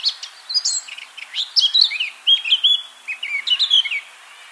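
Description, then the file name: Eurasian blackcap song: quick scratchy notes building into a rich, varied warble with bright whistled phrases. "Sylvia atricapilla"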